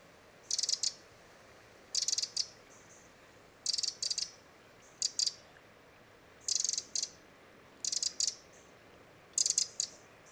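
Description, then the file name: Eurasian wren ticking in tight rattling groups, high and hard, each group under a second long and repeated every few seconds. "Troglodytes troglodytes"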